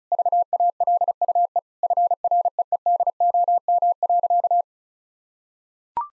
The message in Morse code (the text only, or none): VALUE FREEDOM.